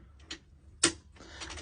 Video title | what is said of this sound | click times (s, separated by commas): Boatman Adjustable Deeper Sonar Holder Fitting Guide | And as you can hopefully see, that's now locked in place. | 0.8 s